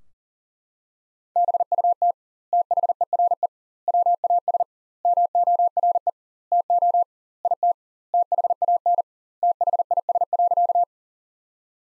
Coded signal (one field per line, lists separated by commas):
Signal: Morse code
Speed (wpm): 40 wpm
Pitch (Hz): 700 Hz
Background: none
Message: BUT THERE WAS MORE TO IT THAN THIS.